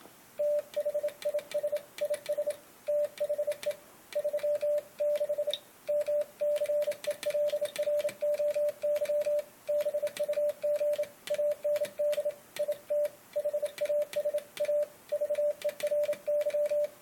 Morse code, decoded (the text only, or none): THIS IS THE 36 MCELROY BUG AND IT HAS A VERY